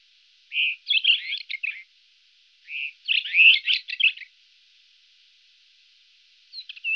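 White-crowned wheatear song: two scratchy warbled phrases, each opening with a soft note, then the start of a third at the end, over a faint steady high hiss.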